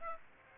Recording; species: mosquito wingbeat signal from an infrared sensor; Aedes aegypti